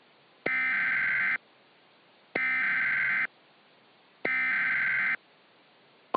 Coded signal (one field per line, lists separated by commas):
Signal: Emergency Alert System (SAME) tones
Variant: header bursts